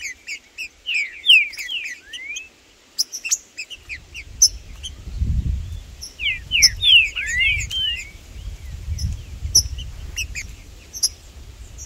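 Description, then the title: Green-winged saltator song: slurred whistled phrases in two bursts, over a dense chatter of high chirps and a low rumble. Birds singing in the bush, calling and performing territorial displays while competing with rivals; a wild bird present alongside the birds named Blindado and Tufão. "TRINCA Piando, Cantando E Macheando Na DISPUTA. Trinca Ferro no MATO Cantando e Macheando muito com Solto! Blindado e Tufão no mato"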